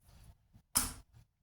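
A distributor is pressed down lightly into an MK3 engine block while its rotor arm is turned, with quiet low handling rumble at first. At 0.8 s a sharp, bright clunk rings out and fades over about a quarter second as the distributor drops into its second click, followed by faint handling noise. The distributor is seated, having dropped straight in and now sitting correctly.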